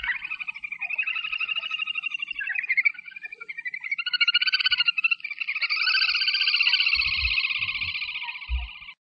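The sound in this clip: Little grebe giving a long, high, rapid whinnying trill that wavers in pitch and swells in the later part, with a few low thumps near the end.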